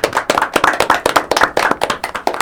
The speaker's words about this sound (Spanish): Muchas gracias por haber pasado por el estudio. Un aplauso. Gracias.